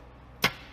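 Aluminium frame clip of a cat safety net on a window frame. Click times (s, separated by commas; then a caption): 0.4 s. An aluminium clip-on frame element of a cat safety net is pressed into place on a window frame, producing a single sharp, bright click at 0.4 s over quiet background noise. The clip snaps on and is seated; it is a piece that clips in and clips out.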